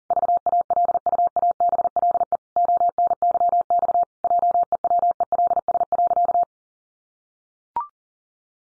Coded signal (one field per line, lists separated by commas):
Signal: Morse code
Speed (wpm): 40 wpm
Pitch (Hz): 700 Hz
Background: none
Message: VALUABLE ONYX JEWELS.